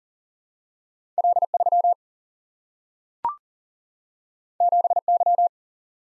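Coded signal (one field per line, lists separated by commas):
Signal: Morse code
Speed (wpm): 40 wpm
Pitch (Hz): 700 Hz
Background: none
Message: L 3 7 Y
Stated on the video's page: Computer-sent head-copy drill of random two-character letter and number groups at 40 wpm, each group sent, spoken, then sent again.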